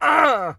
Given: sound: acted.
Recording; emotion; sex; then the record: nonverbal affect burst; pain; male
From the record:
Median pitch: 191 Hz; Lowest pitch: 81 Hz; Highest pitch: 322 Hz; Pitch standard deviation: 67 Hz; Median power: 75.9 dB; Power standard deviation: 10.7 dB